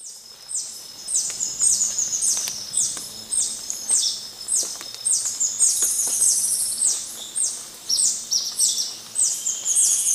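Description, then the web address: Yellow-throated bush tanager calls: rapid, very high, thin downslurred notes tumbling over one another, with a faint steady hiss underneath. Recorded in Ecuador. "Birds of Ecuador. Yellow-throated Bush-Tanager"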